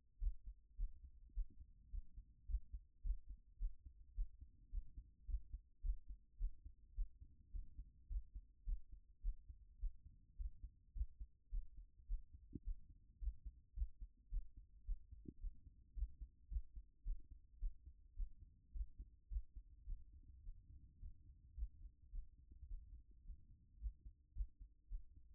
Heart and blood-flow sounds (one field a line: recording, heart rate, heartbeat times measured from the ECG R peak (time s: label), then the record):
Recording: heart sounds by stethoscope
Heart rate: 107 bpm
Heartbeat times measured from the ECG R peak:
0.20 s: heartbeat
0.77 s: heartbeat
1.34 s: heartbeat
1.91 s: heartbeat
2.47 s: heartbeat
3.03 s: heartbeat
3.59 s: heartbeat
4.15 s: heartbeat
4.71 s: heartbeat
5.27 s: heartbeat
5.82 s: heartbeat
6.38 s: heartbeat
6.95 s: heartbeat
7.52 s: heartbeat
8.08 s: heartbeat
8.65 s: heartbeat
9.22 s: heartbeat
9.79 s: heartbeat
10.37 s: heartbeat
10.94 s: heartbeat
11.51 s: heartbeat
12.07 s: heartbeat
12.64 s: heartbeat
13.20 s: heartbeat
13.75 s: heartbeat
14.30 s: heartbeat
14.85 s: heartbeat
15.40 s: heartbeat
15.95 s: heartbeat
16.49 s: heartbeat
17.04 s: heartbeat
17.59 s: heartbeat
18.16 s: heartbeat
18.73 s: heartbeat
19.29 s: heartbeat
19.86 s: heartbeat
20.43 s: heartbeat
21.00 s: heartbeat
21.56 s: heartbeat
22.12 s: heartbeat
22.68 s: heartbeat
23.24 s: heartbeat
23.79 s: heartbeat
24.34 s: heartbeat
24.89 s: heartbeat
From the record:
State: after exercise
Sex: female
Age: 24 years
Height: 178 cm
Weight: 71 kg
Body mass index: 22.41